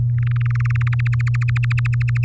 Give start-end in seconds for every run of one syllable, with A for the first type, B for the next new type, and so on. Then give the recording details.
0.18-0.95 A, 0.99-2.25 B. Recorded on 7 May 2018 at 17:07. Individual llb16